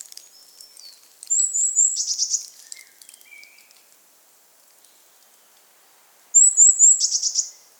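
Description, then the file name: Eurasian blue tit calls: high thin notes followed by a buzzy scolding churr, repeated twice, with a few fainter lower chirps between. "Cyanistes caeruleus"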